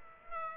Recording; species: mosquito wingbeat signal from an infrared sensor; Aedes aegypti